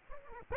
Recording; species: mosquito wingbeat signal from an infrared sensor; Aedes aegypti